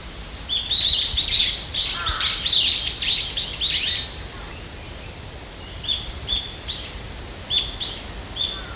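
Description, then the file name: Brown-eared bulbul calling, a burst of loud, harsh, high squealing notes, then after a pause a series of shorter sharp shrieks. "hiyodori"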